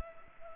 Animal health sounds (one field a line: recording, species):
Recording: mosquito wingbeat signal from an infrared sensor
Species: Culex pipiens